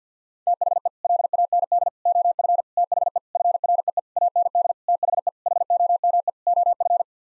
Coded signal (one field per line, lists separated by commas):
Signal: Morse code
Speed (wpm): 47 wpm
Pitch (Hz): 700 Hz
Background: none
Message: THE LAND OF THE FREE AND THE HOME OF